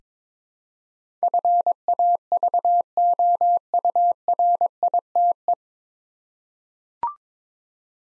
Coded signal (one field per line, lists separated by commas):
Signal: Morse code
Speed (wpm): 22 wpm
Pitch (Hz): 700 Hz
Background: none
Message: FAVOURITE